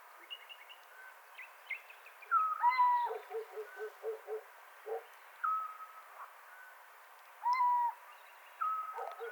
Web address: athene noctua call